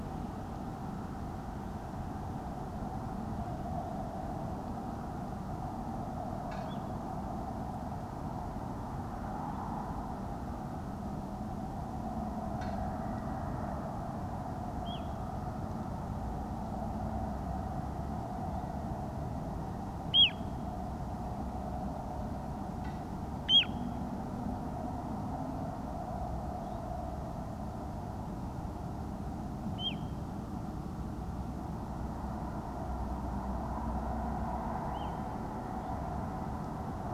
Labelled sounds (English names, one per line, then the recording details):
unidentified sound
Little Ringed Plover
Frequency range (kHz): Little Ringed Plover 1.5-3.6 kHz
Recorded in France